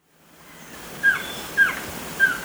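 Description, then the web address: White-streaked antvireo giving three short, clear whistled notes, about half a second apart, over a steady hiss. Ecuador. "Natures Songs S America Birds of Ecuador White-streaked Antvireo"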